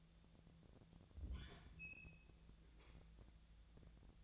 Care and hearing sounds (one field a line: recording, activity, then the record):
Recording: daily activity, microphone in the room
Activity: open fridge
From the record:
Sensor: 3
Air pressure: 1000.1 hPa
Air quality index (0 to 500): 127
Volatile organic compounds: 2 ppm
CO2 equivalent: 1134 ppm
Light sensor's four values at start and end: 42/107/45/50 and 42/107/45/50